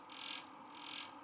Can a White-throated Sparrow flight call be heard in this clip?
no